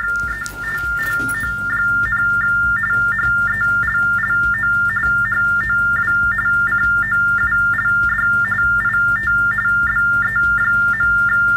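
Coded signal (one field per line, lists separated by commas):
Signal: RTTY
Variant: Baudot TDD, 45.45 baud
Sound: steady high tone broken by rapid warbling chirps between two close pitches, repeating regularly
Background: low hum, room noise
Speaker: and that is cosmo responding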